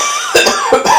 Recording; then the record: coughing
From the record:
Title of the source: Spring Cold Coughing 2